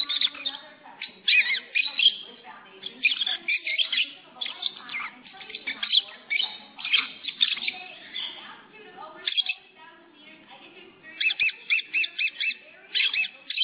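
Lovebird chatter, quick high squeaky chirps in repeated bursts, a brief lull, then renewed sharp calls.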